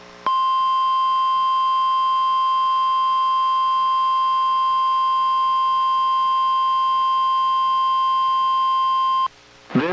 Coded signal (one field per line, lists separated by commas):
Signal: Emergency Alert System (SAME) tones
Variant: 1050 Hz attention tone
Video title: EAS #882-883: NWR and EAS Required Monthly Tests- Oct. 19, 2023- 10:19AM PDT